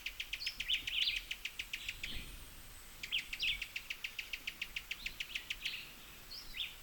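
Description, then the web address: Cuban tody, rattle call: two long runs of rapid, even clicks separated by a short pause, with scattered higher chirps and twitters. "sound Cuban-tody. صدای-پرنده-تودی-کوبایی"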